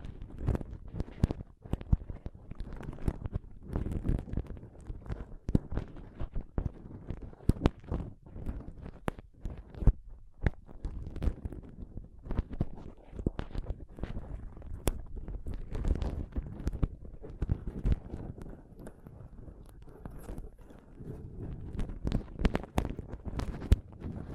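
Scratching and touching on a microphone fill the whole stretch, a dense run of scrapes, taps and rubs with heavy low thumps. Sharp clicks flash out irregularly, several per second, over a constant rumbling bed that swells and eases without pause.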